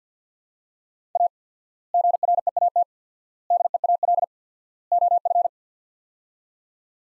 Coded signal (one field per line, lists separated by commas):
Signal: Morse code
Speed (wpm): 50 wpm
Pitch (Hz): 700 Hz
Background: none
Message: A GREAT DEAL OF